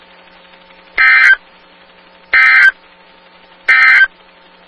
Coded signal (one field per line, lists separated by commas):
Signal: Emergency Alert System (SAME) tones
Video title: Your daily dose of Wisconsin EAS's